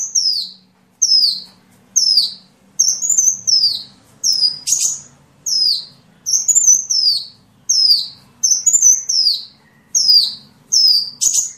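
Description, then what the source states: Sunbird song, a high whistled down-slurred note repeated many times with short gaps, a few running into longer phrases. Sunbird in full song (gacor), with fill-in phrases (isian) copied from the cililin and the canary.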